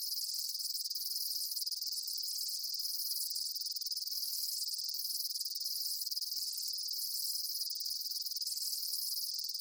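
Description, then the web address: High chirping insect chorus, continuous and dense, with faint periodic pulses near every two seconds and no other sounds. Daytime insect ambience, chirping bugs outdoors. "Blastwave INSECTS Amb Day Insects"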